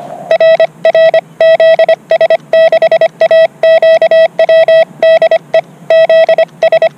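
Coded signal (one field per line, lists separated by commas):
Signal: Morse code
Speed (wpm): 25 wpm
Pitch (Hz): 650 Hz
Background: none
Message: RR ZS6AQW DE ZS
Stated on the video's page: CW operation during a RaDAR Rally event.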